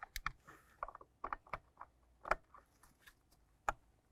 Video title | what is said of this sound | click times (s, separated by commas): How to Replace Blower Motor Resistor 2004-2006 Scion xB | listen for a click give it a tug make sure that's secure as well | 3.7 s